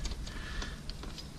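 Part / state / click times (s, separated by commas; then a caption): upper fuel hose quick connector onto fuel filter / not seated / none. The upper fuel hose quick connector is handled at the fuel filter of a Toyota, giving a few faint ticks and light handling noises. The connector has not seated or clicked yet.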